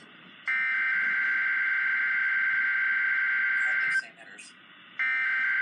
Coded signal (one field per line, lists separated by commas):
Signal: Emergency Alert System (SAME) tones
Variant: header bursts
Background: speech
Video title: Rain anyone EAS alerts 75-77 5/20/20